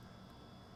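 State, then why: Not seated. An S&B hot side intercooler pipe for a 2023-2027 Ford Powerstroke 6.7L High Output is handled into place, with its quick-connect coupling being brought onto the turbocharger outlet. Only a steady, low-level broadband hiss with a faint low rumble is heard, with no distinct impacts. Nothing has seated or clicked yet.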